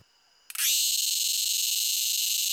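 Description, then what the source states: Cicada (Dundubia terpsichore): cicada song: after a brief click, an intense, continuous high buzz starts abruptly and holds steady and unbroken to the end. Thai cicada species.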